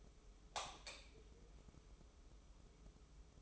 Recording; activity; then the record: daily activity, microphone in the room; light on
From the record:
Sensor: 1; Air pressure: 995.4 hPa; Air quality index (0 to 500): 25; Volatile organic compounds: 0 ppm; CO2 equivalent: 505 ppm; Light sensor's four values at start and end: 9/22/9/9 and 13/38/14/15